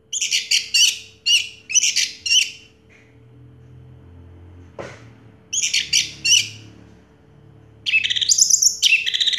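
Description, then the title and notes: Orange-headed thrush song: short buzzy, scratchy bursts in quick groups, a sharp click midway, then a sweeping high whistled phrase at the end. Song in the teler style, described as clear-voiced; part of a complete collection of this species' songs. "Anis Merah Teler Suara Jernih. kumpulan suara anis merah lengkap"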